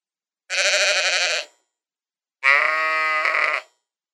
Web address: sheep